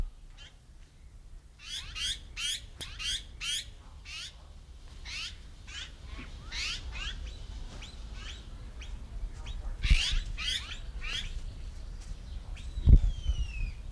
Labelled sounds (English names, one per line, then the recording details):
Azure-winged Magpie call
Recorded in captivity
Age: adult
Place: Zoo Berlin, Berlin, DE
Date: 1994-07-02 11:23
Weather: sonnig, 18-24°C
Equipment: Marantz CP 430, Sennheiser ME 80, Kopie Uher Variocord 263
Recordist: Tembrock, Günter